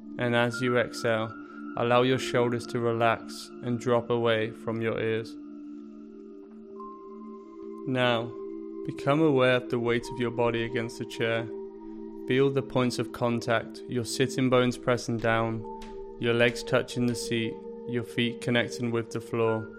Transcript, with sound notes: and as you exhale, allow your shoulders to relax and drop away from your ears. [Pause 5 seconds] Now, become aware of the weight of your body against the chair. Feel the points of contact – your sitting bones pressing down, your legs touching the seat, your feet connecting with the floor.